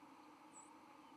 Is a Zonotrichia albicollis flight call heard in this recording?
yes